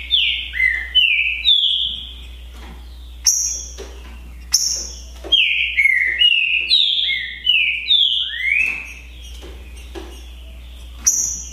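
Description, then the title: Green-winged saltator pouring out repeated bursts of loud, liquid whistles, some notes swooping high, phrases about every second or two over a constant low hum. Song contest (disputa) between trinca-ferro birds Naval and Demolidor, 2022 season; birds calling, singing and 'macheando' in the contest. "TRINCA Piando, Cantando E Macheando Na DISPUTA. DISPUTA DE TRINCA FERRO NAVAL VS DEMOLIDOR 2022 TEMPORADA 2022"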